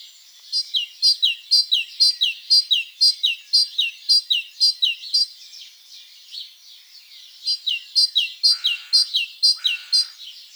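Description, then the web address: Great tit song: bright two-note phrases repeated rapidly in two long bouts separated by a pause, with brief steady lower tones near the end. "SETE data Parus major"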